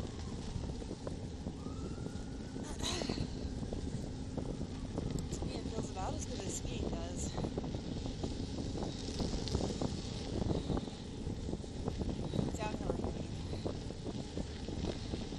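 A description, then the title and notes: A bike rolls along a snowy path, with a steady low rumble and a constant crunching hiss from the tires. Short clicks and rattles come irregularly throughout, and a brief higher squeak rises just before the three-second mark, with faint voices possibly in the background. Bike in snow. Riding along the greenway in the snow.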